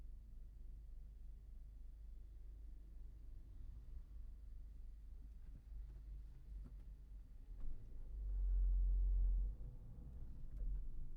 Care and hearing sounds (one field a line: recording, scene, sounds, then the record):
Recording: everyday scene through a hearing-aid microphone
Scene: in a vehicle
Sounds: engine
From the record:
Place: Berlingo II, diesel engine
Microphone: behind the ear, right, rear